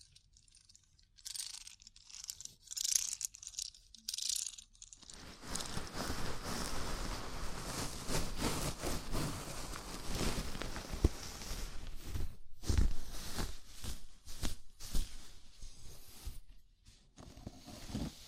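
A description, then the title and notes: Scalp massage with fingers rubbing through hair. For the first five seconds there are only sparse, soft scratchy touches. After that comes dense, continuous crackly rustling, fairly bright, with brief pauses around 12 and 17 seconds and a few sharper crunchy bursts. ASMR Sleepy Scalp Massage (No Talking).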